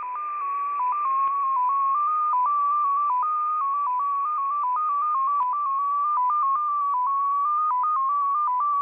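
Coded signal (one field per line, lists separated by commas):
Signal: numbers station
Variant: XPA2 MFSK data mode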